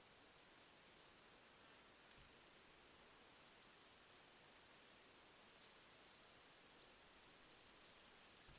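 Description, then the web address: Bird calls: very high, short chirps, a quick cluster of three, then scattered single chips and another fading cluster at the end, in otherwise near silence. "birddata Deverinetal 2025"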